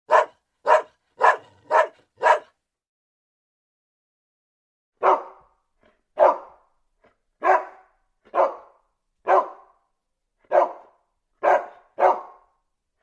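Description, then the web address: Dog barking: a quick burst of five sharp barks, a pause, then several more barks spaced roughly a second apart. "chien aboiement"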